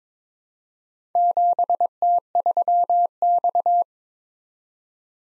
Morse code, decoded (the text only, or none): 7T3X